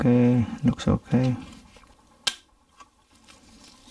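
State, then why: Seated. During reassembly of an MSI Radeon RX 6750 XT Mech 2X graphics card, the cooling fan assembly is pressed onto its three mounting points on the cooler. Someone talks at the start, then a sharp plastic click is heard at 2.3 s, followed by a faint tap. The fan mount seats properly.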